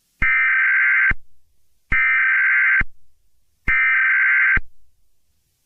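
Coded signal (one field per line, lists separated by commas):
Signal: Emergency Alert System (SAME) tones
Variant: header bursts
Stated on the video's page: Fictional EAS scenario containing valid tones, simulated alert.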